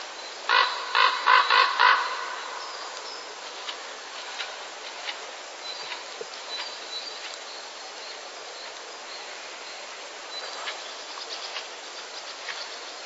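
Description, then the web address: Common raven calls, a quick burst of five harsh croaks in the first two seconds, then only faint scattered sounds over a hissy background. Raven calls during courtship in the breeding season. "wroblowe ptaki krucze gody. wroblowe ptaki kruk"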